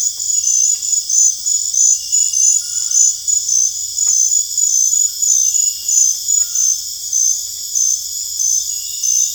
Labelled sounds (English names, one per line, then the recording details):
none
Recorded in dense forest near Puerto Asís, Putumayo, Colombia, on 21 December 2024 at 20:00
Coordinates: 0.484, -76.325
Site G056